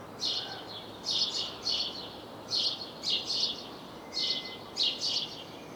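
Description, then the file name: House sparrow giving several chirps in uneven bursts, with a faint thin whistle late on, over steady background noise. "Passer domesticus"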